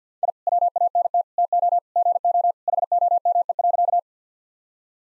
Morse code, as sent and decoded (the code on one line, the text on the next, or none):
.. / .-- .- -. - / - --- / --. --- / .... --- -- . .-.-.-
I WANT TO GO HOME.